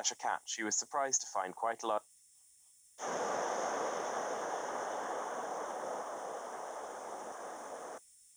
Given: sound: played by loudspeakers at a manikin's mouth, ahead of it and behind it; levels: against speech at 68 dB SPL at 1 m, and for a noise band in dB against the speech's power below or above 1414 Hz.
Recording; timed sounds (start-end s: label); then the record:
test signals for a remote microphone
0.00-1.98 s: man speaking
2.98-7.98 s: speech-spectrum noise, -10 dB
From the record:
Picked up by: remote microphone B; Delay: 24 ms